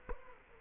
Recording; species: mosquito wingbeat signal from an infrared sensor; Culex quinquefasciatus